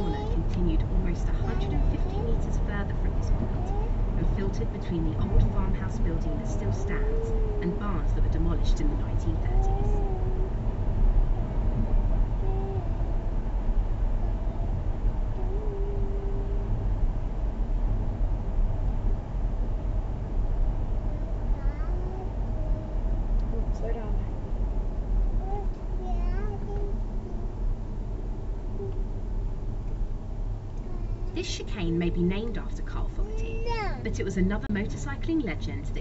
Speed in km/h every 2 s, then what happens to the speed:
68, 69, 71, 71, 71, 69, 69, 66, 66, 64, 63, 61, 50, 44, 39, 35, 34, 31.
0-9 steady at about 71. 9-36 slows to 31.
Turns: none.